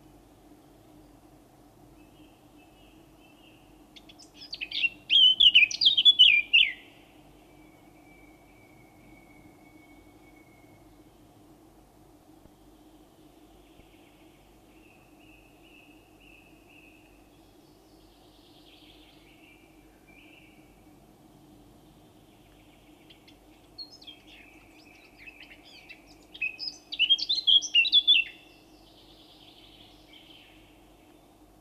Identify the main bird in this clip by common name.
Eurasian Blackcap